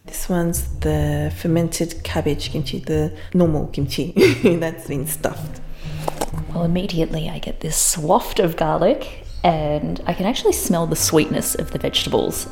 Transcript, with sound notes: This one's the fermented cabbage kimchi, the “normal kimchi” that's been stuffed.
(Sound of container opening) Well immediately I get this waft of garlic and I can actually smell the sweetness of the vegetables.